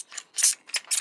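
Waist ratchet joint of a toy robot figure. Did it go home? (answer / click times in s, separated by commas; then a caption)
no / none. The plastic waist joint of a Unique Toys Kalecgos (Onslaught) transforming robot figure is rotated in several short bursts, producing dry, hissy, squeaky rubbing sounds. The joint is meant to be a clicking ratchet, but the ratchet has failed, so it only squeaks and nothing clicks.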